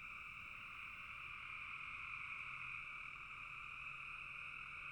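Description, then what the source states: Frogs in full chorus, many overlapping calls merging into an even, high-pitched drone with no pauses. Several frogs calling in a bog.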